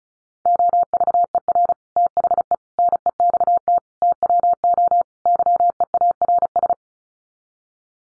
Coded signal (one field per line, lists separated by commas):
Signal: Morse code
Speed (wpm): 34 wpm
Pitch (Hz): 700 Hz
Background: none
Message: OVER THE NEXT TWO YEARS